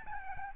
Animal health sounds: mosquito wingbeat signal from an infrared sensor; Aedes albopictus

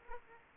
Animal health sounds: mosquito wingbeat signal from an infrared sensor; Aedes aegypti

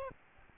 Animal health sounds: mosquito wingbeat signal from an infrared sensor; Aedes albopictus

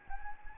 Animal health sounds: mosquito wingbeat signal from an infrared sensor; Anopheles gambiae

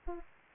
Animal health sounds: mosquito wingbeat signal from an infrared sensor; Anopheles arabiensis

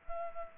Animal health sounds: mosquito wingbeat signal from an infrared sensor; Culex pipiens

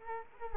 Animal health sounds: mosquito wingbeat signal from an infrared sensor; Culex quinquefasciatus

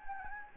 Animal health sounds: mosquito wingbeat signal from an infrared sensor; Anopheles gambiae

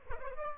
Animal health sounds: mosquito wingbeat signal from an infrared sensor; Aedes aegypti

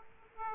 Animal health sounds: mosquito wingbeat signal from an infrared sensor; Aedes aegypti

